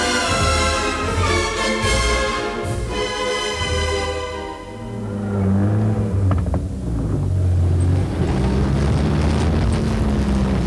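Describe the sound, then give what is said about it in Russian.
A car loaded full of bundles of medical supplies drives along to Pokatnoe, its engine giving a strong harmonic whine for the first few seconds before settling into a steady low rumble with some wind-like noise. “Полную машину тюков нагрузила.”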